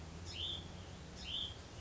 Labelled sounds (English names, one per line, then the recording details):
Hutton's Vireo
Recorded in Sonoma County, California